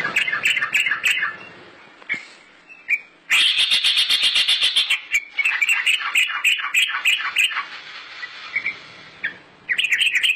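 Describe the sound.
Bird delivering rapid high chirps and rattling trills in long busy phrases, broken by a few short silences.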